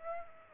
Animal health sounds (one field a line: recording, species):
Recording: mosquito wingbeat signal from an infrared sensor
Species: Aedes aegypti